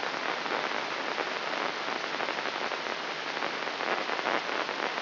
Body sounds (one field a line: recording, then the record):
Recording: brain microelectrode recording played as sound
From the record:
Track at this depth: inside the subthalamic nucleus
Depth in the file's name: 1.513 mm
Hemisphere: left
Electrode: 3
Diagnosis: Parkinson's disease